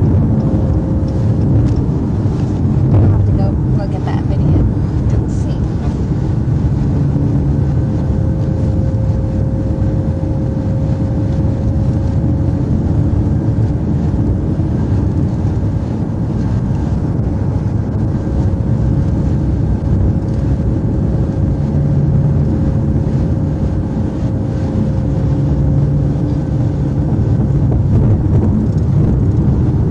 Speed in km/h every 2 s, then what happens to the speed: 106, 103, 103, 106, 106, 106, 109, 109, 109, 109, 108, 106, 106, 105, 101.
0-19 steady at about 106. 19-30 slows to 101.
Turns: none.